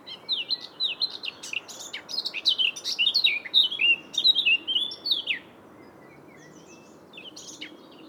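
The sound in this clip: Eurasian blackcap song, a long run of rapid varied warbles with bright whistled notes, then near silence with a few faint notes.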